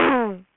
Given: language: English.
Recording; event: throat vibration sensor signal played as sound; throat clearing